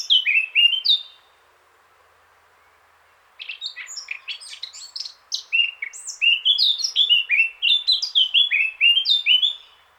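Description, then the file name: Eurasian blackcap singing: a phrase ends, quiet for two seconds, then a long varied warble of quick scratchy notes turning into loud, rhythmic fluty whistles. "Sylvia atricapilla"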